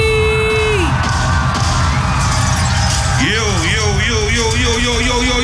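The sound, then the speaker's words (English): A large festival crowd at Glastonbury roars and cheers steadily as a Radio 1 DJ from Sheffield is welcomed on stage, with loud whoops and wavering high-pitched shouts rising and falling over the dense, continuous wash of noise. “please, can you give a big skanky, skanky welcome for Sheffield's finest,”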